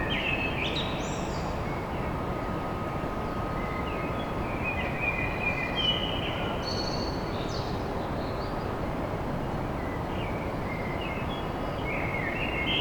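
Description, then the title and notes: Common blackbird delivering several short fluted phrases, each tipped with high scratchy notes, repeated throughout above a dense low urban hum. Recorded at dawn in Paris. "Blackbird Poetry At Paris. Enregistrement d'un chant de merle à l'aube dans Paris"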